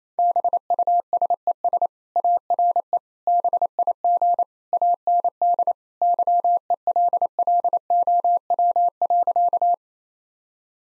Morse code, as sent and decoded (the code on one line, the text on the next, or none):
-... ..- ... . ... / .- .-. . / -... .. --. / .- -. -.. / -.-- . .-.. .-.. --- .-- .-.-.-
BUSES ARE BIG AND YELLOW.